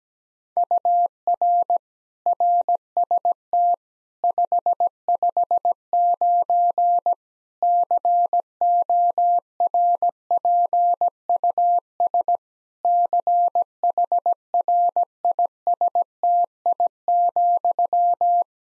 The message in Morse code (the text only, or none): UR RST 559 CORPUS CHRISTI,